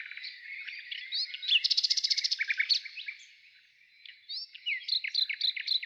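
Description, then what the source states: Nightingale delivering a loud, rapid rattling trill, then a pause and varied chirps and repeated notes. Morning.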